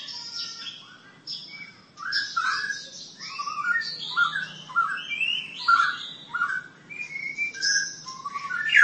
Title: Kicau Burung Pentet